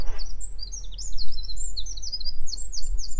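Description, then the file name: Eurasian wren song, a fast, high, jumbled run of trills and sharp twittering notes pouring out without pause, over a steady low rumble. "Troglodytes troglodytes"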